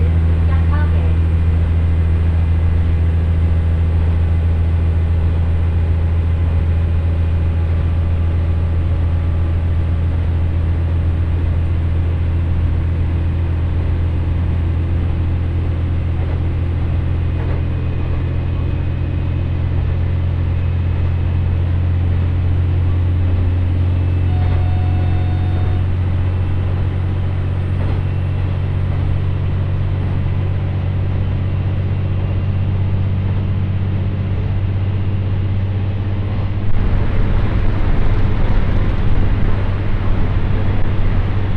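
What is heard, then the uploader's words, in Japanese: A ride aboard a train on the Ibara Railway between two stations, heard from inside the car. A steady, deep engine drone and rolling rumble hold evenly throughout, with faint clicks and rattles above. Near the end the sound turns louder and rougher as the train picks up. 耳で楽しむ鉄道旅 井原鉄道 備中呉妹→早雲の里荏原。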